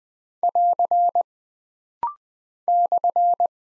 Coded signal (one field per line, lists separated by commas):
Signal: Morse code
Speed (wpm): 20 wpm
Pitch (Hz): 700 Hz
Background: none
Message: <AR> /